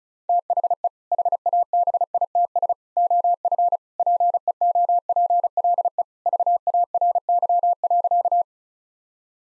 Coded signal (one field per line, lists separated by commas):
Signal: Morse code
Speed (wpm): 36 wpm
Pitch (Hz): 700 Hz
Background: none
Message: THE HABITS OF PEOPLE VARY.